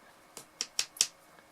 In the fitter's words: shutting back they're all nice click their nice clicky action so